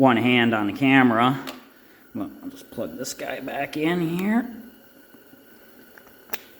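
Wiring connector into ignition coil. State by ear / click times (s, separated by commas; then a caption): seated / 6.3 s. Someone talks while plugging the wiring connector back onto the ignition coil of a small engine and pushing it down. After a quiet pause, a sharp click at 6.3 s marks the connector latching and seating on the coil.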